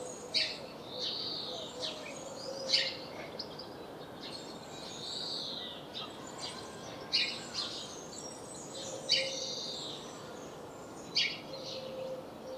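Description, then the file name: House sparrow chirping in scattered short notes, mixed with smooth arched whistles and soft twitters, over a steady background hiss. "Passer domesticus"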